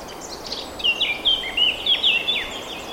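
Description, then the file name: Eurasian blackcap song, quick twittering notes building into louder clear whistles midway, a busy warbled phrase over background hiss. "Sylvia atricapilla"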